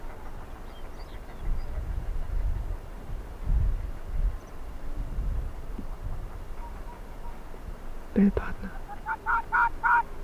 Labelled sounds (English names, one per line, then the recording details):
Arctic Fox
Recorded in the wild
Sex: female
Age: adult
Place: Insel Mednyi, Kommandeur-Inseln, RU
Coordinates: 54.5167, 168.083
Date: 1999-06-28 18:30
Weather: 8°C, sonnig, leichter Wind
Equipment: Sony WM-D6C, Sennheiser ME 80, K 30 AV, Windkorb, Kopie Sony TCD-D8
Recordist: Jakupi, Antje